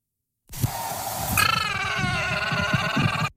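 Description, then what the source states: Llama call, a drawn-out, strained nasal bleat with a harmonic wavering tone that brightens midway, over low rumbling noise for about three seconds. Real llama sound played as an example for listeners to imitate.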